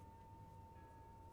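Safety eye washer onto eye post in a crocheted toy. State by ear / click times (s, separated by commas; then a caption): not seated / none. A safety eye washer is lined up on the second safety eye post of a crocheted toy, ready to be pushed home, and nothing has seated or clicked yet. Only a steady hum with a constant tone near 900 Hz and low background rumble is heard, with no sharp transients.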